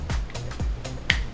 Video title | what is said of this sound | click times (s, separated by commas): PHON-ER: VLOG 144 - IPHONE REPAIRING @ JACK DANIEL'S JERKY TABLE | See that click? A click indicates that the charger is good and it stays steady. | 1.1 s